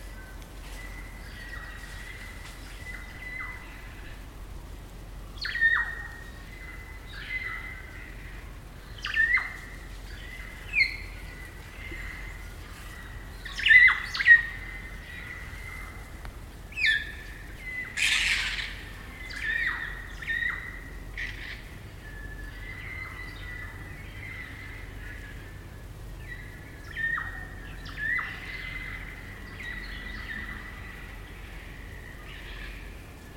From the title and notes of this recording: Enthralling spring birdsong from New Zealand. It's late spring at the Karori Sanctuary near Wellington, New Zealand and the kakas – a large species of parrot – are singing their eerie dusk chorus. Recorded by Margaret Bartlett.